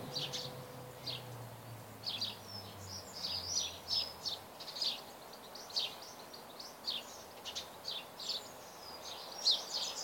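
A garden at midday: quick, bright chirps repeat throughout, over a soft hiss, with a low hum fading out in the first few seconds.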